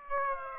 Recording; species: mosquito wingbeat signal from an infrared sensor; Aedes aegypti